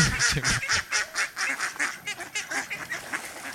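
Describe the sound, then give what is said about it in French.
A duck quacks over and over in a quick, steady run of harsh, nasal calls, about three per second, with no one speaking. “Voilà, je vous laisse avec le bout du canard pendant 2 heures.”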